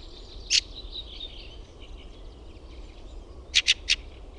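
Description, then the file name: Fieldfare uttering a single grating chack, then a rapid series of three after a pause. "RAKATTIRASTAS"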